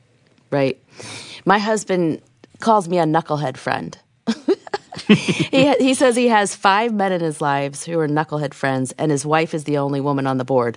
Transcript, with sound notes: Yes, right. My husband calls me a “knucklehead friend.” (laughter) He says he has five men in his life who are knucklehead friends, and his wife is the only woman on the Board.